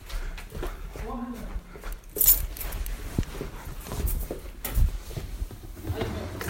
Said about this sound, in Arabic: افتح الباب نسيته.